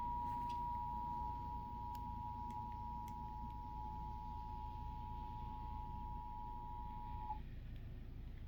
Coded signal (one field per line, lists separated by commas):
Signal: Emergency Alert System (SAME) tones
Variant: 853 and 960 Hz attention tone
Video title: eas svr Eas#162